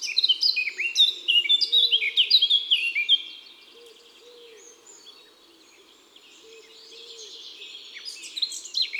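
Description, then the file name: Eurasian blackcap song: a loud, fast warble of fluty and chattering notes, then near quiet with soft low arched notes of another bird, and a faint warble returning. Song; woods and forests. "Fauvette a tete noire Chants doiseaux des bois et des forets"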